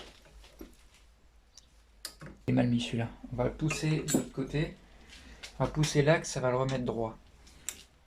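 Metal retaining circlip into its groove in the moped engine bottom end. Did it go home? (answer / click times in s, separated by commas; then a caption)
yes / 7.7 s. While a Piaggio Ciao moped's bottom end is reassembled with a new crankshaft, a metal retaining circlip is pushed so it straightens and seats in its groove as someone talks. A single sharp click is heard at 7.7 s as the circlip snaps into its groove, and it is seated.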